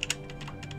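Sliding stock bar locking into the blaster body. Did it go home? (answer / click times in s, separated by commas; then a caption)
yes / 0.0 s. The aluminium bar stock of a foam dart blaster, a PDW-style stock, is pulled out until it locks in the extended position, with a sharp click at 0.0 s. A second sharp click follows at 0.1 s, then a few softer ticks around 0.3, 0.4, 0.6 and 0.7 s over a low steady hum. The stock is seated and locked.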